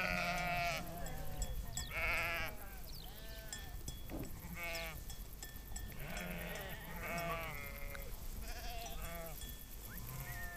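Sheep, a flock bleating almost continuously, many quavering bleats of varied pitch overlapping throughout, some deep and some higher and thinner.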